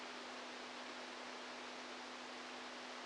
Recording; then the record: brain microelectrode recording played as sound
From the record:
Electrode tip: outside the subthalamic nucleus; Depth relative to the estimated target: -8 mm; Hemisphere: right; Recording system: NeuroSet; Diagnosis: Parkinson's disease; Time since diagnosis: 10 years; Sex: male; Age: 65 years